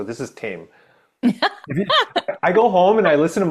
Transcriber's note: laughs